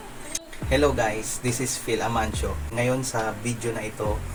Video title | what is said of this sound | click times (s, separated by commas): FIX VALVE, TAMANG PAGTANGGAL AT PAG KABIT sa Footpump airgun repair #footpumprepair | Konti pa yun. Nag-lock na. | 0.4 s